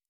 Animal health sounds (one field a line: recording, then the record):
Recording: hydrophone in a shrimp aquaculture tank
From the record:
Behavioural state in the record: normal